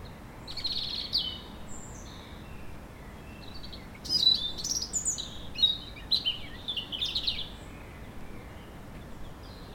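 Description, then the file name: European robin singing thin, high warbling phrases with quick trills and sliding whistles, two bursts separated by a pause, over steady low background noise. "Erithacus rubecula"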